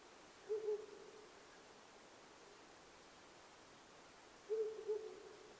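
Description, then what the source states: Owl hooting: two low, mellow hoot phrases about four seconds apart, each a quick broken double note, against a constant hiss. 9 May 2009 at 19:10.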